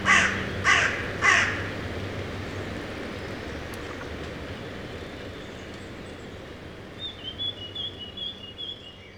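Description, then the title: Carrion crow calling three quick rasping caws at the start, followed by a long stretch of low rumbling background noise and faint bird notes. Carrion crows on the banks of the Rhône at Les Avenières Veyrins-Thuellin, France, recorded with a stereo parabolic microphone (EM172) and a Zoom H4n Pro. "Bord de Rhône - Les Avenières Veyrins-Thuellin, France - Corbacs are back. no ! Corneilles have nails !!!"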